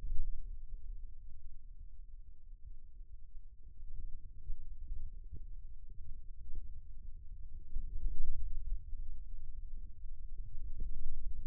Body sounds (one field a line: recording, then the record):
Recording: forearm muscle sounds (acoustic myography)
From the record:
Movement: ulnar deviation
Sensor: system 2, bracelet of six BSWA MPA416 microphones around the upper forearm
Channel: 1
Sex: male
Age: 22 years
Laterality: right